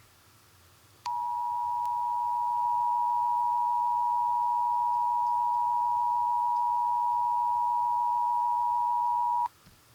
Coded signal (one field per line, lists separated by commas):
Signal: Emergency Alert System (SAME) tones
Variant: 853 and 960 Hz attention tone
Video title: (RAW) EAS Mock: 2049: Reverse Card